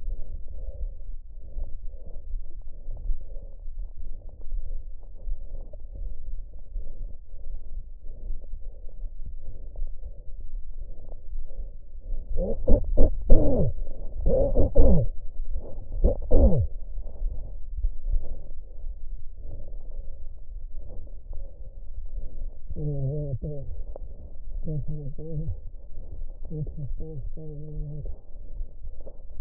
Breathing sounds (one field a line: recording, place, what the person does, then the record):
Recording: lung sounds by stethoscope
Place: left posterior apical chest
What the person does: quiet breathing, then cough and speech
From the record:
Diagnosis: interstitial lung disease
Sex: male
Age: 72 years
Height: 167 cm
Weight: 74 kg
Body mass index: 26.5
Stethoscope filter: extended mode